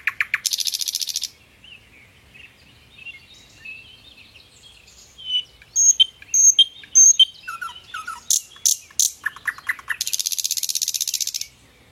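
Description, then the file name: Thrush nightingale song: an opening harsh rattle, quiet warbling, then loud repeated whistles and clicks, closing with another long, dry, buzzing rattle. "canto do rouxinol de tordo"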